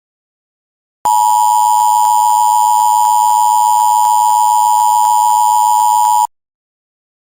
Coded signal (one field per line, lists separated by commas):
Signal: Emergency Alert System (SAME) tones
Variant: 853 and 960 Hz attention tone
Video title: EAS-Malfunction Warning